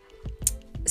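A loud stomach rumble from an adult woman's abdomen: low gurgling bowel sounds (borborygmi).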